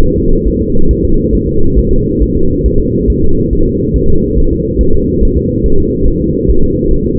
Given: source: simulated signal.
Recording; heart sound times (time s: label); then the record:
fetal heart sounds
0.04 s: S1
0.18 s: S2
0.47 s: S1
0.62 s: S2
0.91 s: S1
1.05 s: S2
1.35 s: S1
1.49 s: S2
1.78 s: S1
1.93 s: S2
2.22 s: S1
2.37 s: S2
2.66 s: S1
2.80 s: S2
3.10 s: S1
3.24 s: S2
3.53 s: S1
3.67 s: S2
3.96 s: S1
4.10 s: S2
4.38 s: S1
4.53 s: S2
4.81 s: S1
4.95 s: S2
5.23 s: S1
5.38 s: S2
5.66 s: S1
5.80 s: S2
6.08 s: S1
6.22 s: S2
6.50 s: S1
6.65 s: S2
6.92 s: S1
7.07 s: S2
From the record:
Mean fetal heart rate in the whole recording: 140 bpm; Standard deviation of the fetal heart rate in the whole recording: 2 bpm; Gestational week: 34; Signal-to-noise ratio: -19.1 dB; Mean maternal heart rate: 72 bpm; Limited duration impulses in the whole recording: present